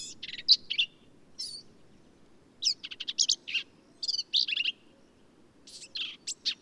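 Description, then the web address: Black-capped vireo delivering rapid, varied scratchy and squeaky phrases in short bursts, with a steady low rumbling noise underneath. "birdsongforthecurious songs Black-capped Vireo"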